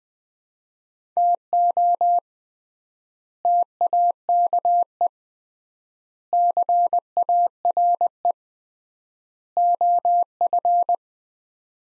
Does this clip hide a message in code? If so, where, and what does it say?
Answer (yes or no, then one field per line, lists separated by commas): yes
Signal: Morse code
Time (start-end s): 1.2-10.9 s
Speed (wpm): 21 wpm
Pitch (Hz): 700 Hz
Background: none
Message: TO TAKE CARE OF